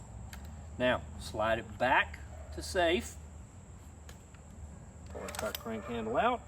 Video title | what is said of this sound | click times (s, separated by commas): Excalibur Rev X: Your next Crossbow? 🤔 | trigger mechanism goes all the way down you'll hear it click on the string | 0.3 s